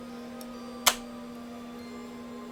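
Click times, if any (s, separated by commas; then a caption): 0.9 s. A battery pack slides onto the back of a Baofeng UV-9R Pro handheld radio and latches. A faint tick at 0.4 s comes before a single sharp click at 0.9 s as the pack snaps into place and seats solidly, over a steady low hum.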